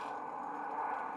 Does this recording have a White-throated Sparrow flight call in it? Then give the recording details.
no. No flight call is heard. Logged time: 01:32 on 5 December 2014